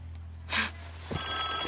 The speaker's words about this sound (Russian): Телефон трезвонил. Я случайно взяла трубку, а там... Музыка какая-то звучит.